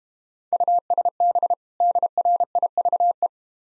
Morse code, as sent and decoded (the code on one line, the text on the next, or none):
..- ... -... / -.. .-. .. ...- .
USB DRIVE